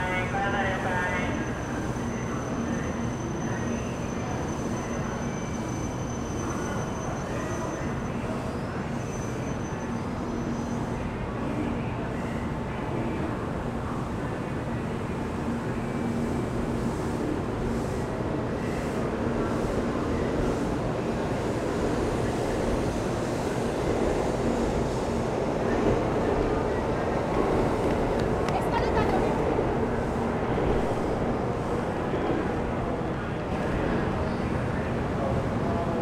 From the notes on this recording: Train Station Osaka